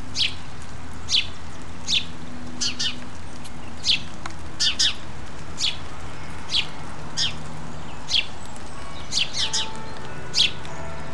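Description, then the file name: House sparrow calling: a series of chirps repeated about every half second to second, sometimes doubled, over a faint low hum. "Passer domesticus"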